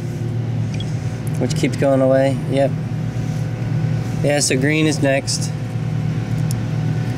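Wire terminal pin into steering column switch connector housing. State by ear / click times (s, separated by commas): seated / 6.5 s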